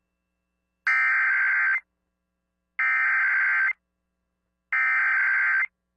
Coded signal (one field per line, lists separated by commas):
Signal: Emergency Alert System (SAME) tones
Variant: header bursts